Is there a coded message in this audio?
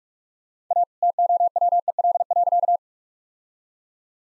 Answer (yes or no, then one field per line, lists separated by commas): yes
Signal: Morse code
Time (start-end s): 0.7-2.8 s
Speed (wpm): 41 wpm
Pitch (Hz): 700 Hz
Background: none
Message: A TOWEL.